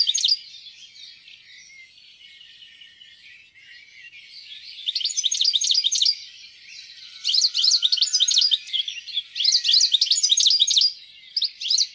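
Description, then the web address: European goldfinch song, soft and rambling at first, then louder bursts of fast, tinkling, chattering notes in three main spells toward the end. "fuglelyder- stilits"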